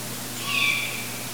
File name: long eared owl juvenile